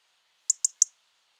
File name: Erithacus rubecula